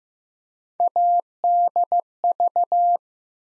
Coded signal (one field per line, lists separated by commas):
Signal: Morse code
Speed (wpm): 15 wpm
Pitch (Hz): 700 Hz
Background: none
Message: ADV